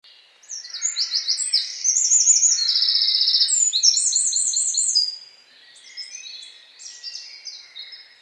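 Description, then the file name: Eurasian wren song: a long, energetic outpouring of very high, rapid trills and sharp warbled phrases, followed by quieter notes. "Troglodytes troglodytes"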